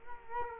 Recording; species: mosquito wingbeat signal from an infrared sensor; Culex quinquefasciatus